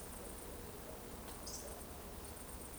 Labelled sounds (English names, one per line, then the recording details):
Eurasian Woodcock whistle
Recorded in Baden-Württemberg, Germany, on 23 June 2020 at 20:31 UTC
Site 14569, 102 m above sea level